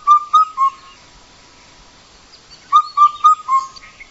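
Bird song: a short phrase of three clear whistled notes on one low pitch, followed by a pause and then a similar phrase of four notes.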